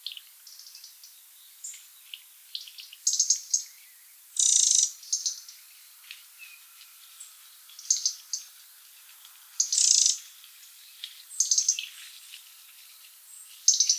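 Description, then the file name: European robin sharp, high chirps in scattered bursts, some louder clusters around the middle and near the end, with quiet gaps between. "Erithacus rubecula"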